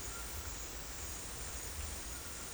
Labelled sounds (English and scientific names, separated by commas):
none